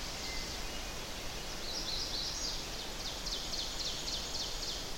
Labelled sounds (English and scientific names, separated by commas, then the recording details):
Ovenbird (Seiurus aurocapilla) song
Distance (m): 65 m
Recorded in boreal forest in Alberta, Canada, on 10 June 2016 at 07:06
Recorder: SongMeter 3, array SBT-3-39
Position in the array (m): 235 m, 75 m
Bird 17